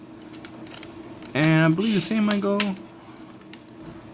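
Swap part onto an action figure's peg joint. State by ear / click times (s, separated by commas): not seated / none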